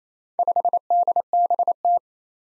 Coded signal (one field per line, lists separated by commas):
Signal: Morse code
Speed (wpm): 27 wpm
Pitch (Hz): 700 Hz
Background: none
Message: 5DBT